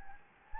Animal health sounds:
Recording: mosquito wingbeat signal from an infrared sensor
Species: Anopheles gambiae

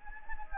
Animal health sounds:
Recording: mosquito wingbeat signal from an infrared sensor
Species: Anopheles gambiae

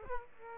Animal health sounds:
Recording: mosquito wingbeat signal from an infrared sensor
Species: Aedes aegypti

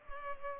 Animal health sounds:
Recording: mosquito wingbeat signal from an infrared sensor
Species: Culex pipiens

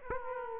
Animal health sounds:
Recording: mosquito wingbeat signal from an infrared sensor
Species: Aedes aegypti

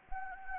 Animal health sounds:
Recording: mosquito wingbeat signal from an infrared sensor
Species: Anopheles gambiae

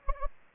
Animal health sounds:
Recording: mosquito wingbeat signal from an infrared sensor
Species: Anopheles gambiae

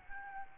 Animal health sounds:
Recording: mosquito wingbeat signal from an infrared sensor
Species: Aedes albopictus

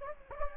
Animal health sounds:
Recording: mosquito wingbeat signal from an infrared sensor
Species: Anopheles gambiae

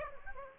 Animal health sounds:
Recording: mosquito wingbeat signal from an infrared sensor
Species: Aedes aegypti

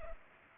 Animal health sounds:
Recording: mosquito wingbeat signal from an infrared sensor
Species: Culex pipiens

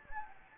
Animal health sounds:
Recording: mosquito wingbeat signal from an infrared sensor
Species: Anopheles gambiae

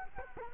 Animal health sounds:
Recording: mosquito wingbeat signal from an infrared sensor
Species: Culex quinquefasciatus

